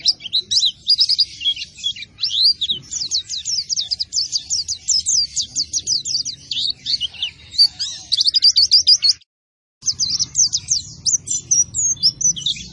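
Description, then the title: White-eye song: high, fast twittering phrases strung together continuously, briefly cut by a short silence before resuming. Vigorously singing ('gacor') bird, said to be fed only banana and given no doping. "Pleci Gacor Tanpa Doping Hanya Pake Pisang"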